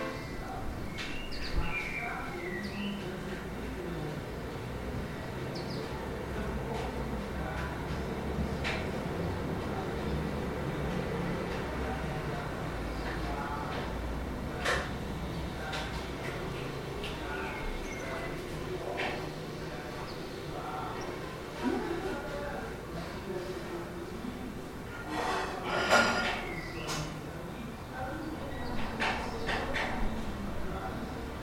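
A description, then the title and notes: A singer practicing can be heard faintly through a courtyard, the voice distant and drifting in and out over a steady low murmur of city background. Scattered clicks and knocks occur throughout, with a louder, brighter burst of sound around twenty-six seconds. Lisbon window singer. I was cooking with the window open. A singer can be heard practicing through the courtyard, but the exact flat was impossible to place. Recorded by Timothy.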